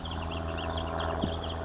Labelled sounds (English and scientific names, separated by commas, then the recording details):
California Towhee (Melozone crissalis)
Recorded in Sonoma County, California